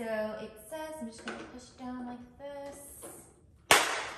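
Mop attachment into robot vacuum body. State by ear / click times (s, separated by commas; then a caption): seated / 3.7 s. A mop attachment is pushed down onto the underside of a NARWAL T10 robot mop and vacuum body while someone talks. A sharp snap at 3.7 s marks the piece locking into place, and the mop attachment is seated.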